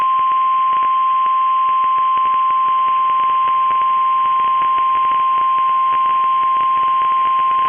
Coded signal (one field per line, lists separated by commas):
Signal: Emergency Alert System (SAME) tones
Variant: 1050 Hz attention tone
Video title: EAS Timeline: Destructive Storms Pound the Twin Cities and Minnesota State Fair | NOAA Weather Radio